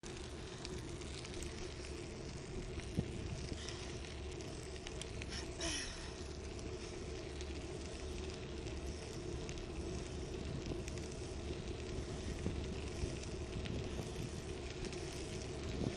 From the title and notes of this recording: Let's travel on bryant ave by bike.